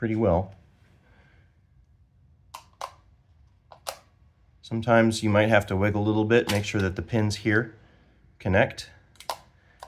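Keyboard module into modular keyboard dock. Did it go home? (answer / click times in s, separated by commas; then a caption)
yes / 2.6 s. A keyboard module is pushed into a modular keyboard dock and clicks into place, seated and connected, with a sharp click at 2.6 s. Fainter clicks follow around 2.8 s and 3.9 s, with more near 9.2–9.3 s. Someone talks before and after.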